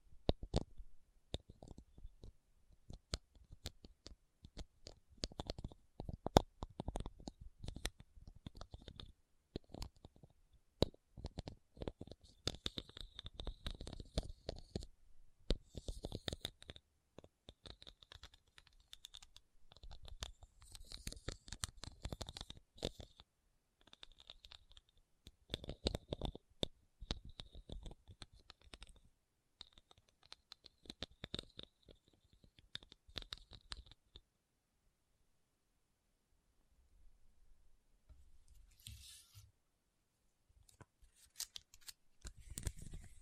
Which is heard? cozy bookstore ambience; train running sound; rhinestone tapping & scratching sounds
rhinestone tapping & scratching sounds